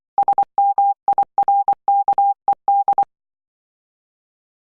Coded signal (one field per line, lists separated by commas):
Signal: Morse code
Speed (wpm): 24 wpm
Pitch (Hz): 800 Hz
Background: none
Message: SMIRKED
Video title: Morse Code Practice 3 - 'D' 'K' 'G' 'O' 'H'